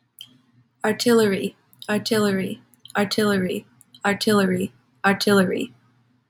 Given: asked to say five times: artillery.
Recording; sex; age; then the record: repeated word; female; 20 to 29 years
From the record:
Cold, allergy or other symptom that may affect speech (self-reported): no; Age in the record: 26 years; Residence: Ohio, United States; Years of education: 20